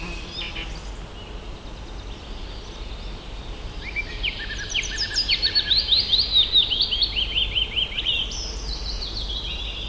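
Bird chirps: a quick run of high, sharp chirps and short trills builds up midway and then thins out, over a steady low background hiss.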